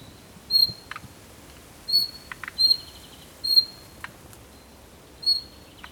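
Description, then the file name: Bird calls, high whistled notes given at irregular intervals, with a brief buzzy trill and several short clicks or taps between them. "PAJAROS"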